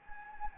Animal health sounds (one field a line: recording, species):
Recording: mosquito wingbeat signal from an infrared sensor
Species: Anopheles gambiae